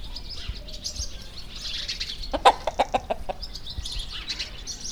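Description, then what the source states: Chicken clucking in a quick run of about six short pulses, while small birds chirp faintly behind. Hens feeding among a dead cactus hedge and a rubbish dump at Laâssilat, Morocco; recorded by Kaïs and Mina.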